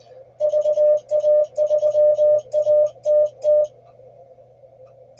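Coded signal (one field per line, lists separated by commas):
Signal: Morse code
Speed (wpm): 20 wpm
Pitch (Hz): 600 Hz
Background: none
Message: VA3ATT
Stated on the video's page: Morse contesting in a state QSO party, showing search-and-pounce and running.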